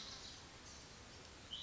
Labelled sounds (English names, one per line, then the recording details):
Cassin's Vireo
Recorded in Sonoma County, California